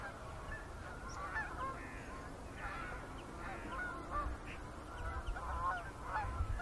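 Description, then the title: Goose: geese calling together, a continuous chatter of overlapping honks from many birds over a low background rumble. Gaggles of geese in fields by the River Thame, England, UK, morning of 23 September 2023, excited by the amount of water across flooded meadows. "Gaggles of geese, River Thame, England, UK on 23rd September 2023 – by Paul Ridout"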